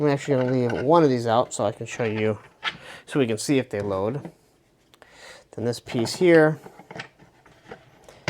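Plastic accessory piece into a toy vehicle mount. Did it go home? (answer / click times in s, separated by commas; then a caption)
no / none. Someone talks while handling a plastic accessory piece for a toy vehicle, getting it ready to press into its mount. Light plastic ticks and taps come through at about 4.9, 5.0, 6.9, 7.0 and 8.3 seconds. The piece has not seated or clicked into place yet.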